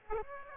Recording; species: mosquito wingbeat signal from an infrared sensor; Aedes aegypti